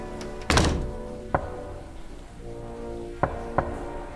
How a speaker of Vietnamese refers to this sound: bỗng nhiên chị nghe có tiếng gõ cửa. Tiếng gõ cửa cứ vang lên như vậy. Cộc, cộc, cộc.